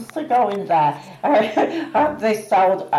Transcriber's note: laughs